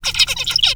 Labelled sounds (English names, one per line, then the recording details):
Zebra Finch song
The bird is a male
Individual mal11